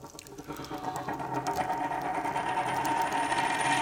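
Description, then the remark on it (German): A Saxon gold coin, an Augustus d'or stamped 1750, dropped onto a table rattles and spins, giving a sustained metallic ringing whir that swells steadily louder over a few seconds, with no voices. “War es vielleicht eine so schöne blanke Münze wie diese ihr, Monsieur Ries?”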